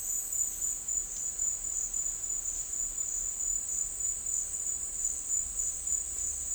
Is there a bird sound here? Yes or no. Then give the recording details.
no. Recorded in dense forest near Puerto Asís, Putumayo, Colombia, on 13 March 2025 at 12:00. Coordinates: 0.499, -76.324. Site GP03